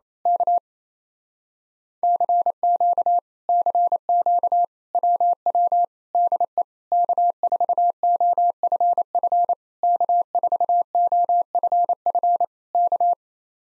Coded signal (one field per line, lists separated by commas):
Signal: Morse code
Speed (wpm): 26 wpm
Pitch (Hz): 700 Hz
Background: none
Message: K CQ CQ WW DE K4OFF K4OFF K